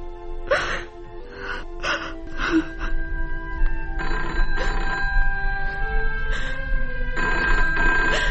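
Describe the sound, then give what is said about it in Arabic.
A telephone rings in a steady series of bright, repeated bursts with sustained harmonic tones, fairly loud over a low background hum and faint clatter. “انا بدي اعرف مين اللي كل شوية بيضرب التليفون ولما رد انا ما بيتكلمش.”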